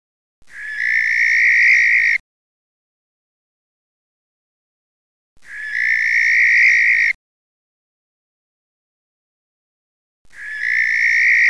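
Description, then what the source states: Barn owl repeating a harsh, breathy screech three times, each under two seconds, at roughly five-second intervals with quiet between. Male.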